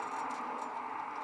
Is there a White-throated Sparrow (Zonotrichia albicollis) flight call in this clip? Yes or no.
no